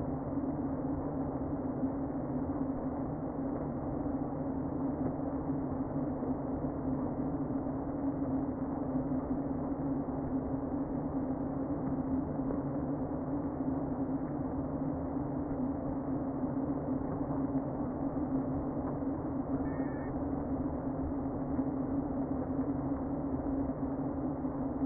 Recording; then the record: honeybee colony, microphone inside the hive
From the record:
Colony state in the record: queen present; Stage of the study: before two queens were removed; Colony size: about 60,000 bees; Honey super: yes